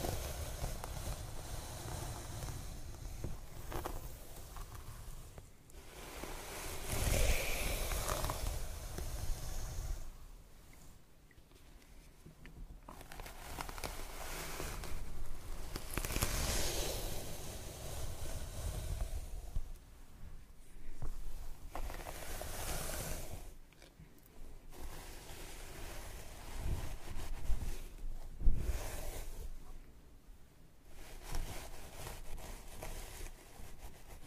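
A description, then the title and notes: Scalp massage and hair brushing, heard as soft rushing, scratchy strokes that swell and fade in uneven waves, loudest around 7, 16 and 28 seconds. Brief quieter gaps fall between passes, and a low rumble sits underneath throughout. Scalp Massage & Hair Brushing.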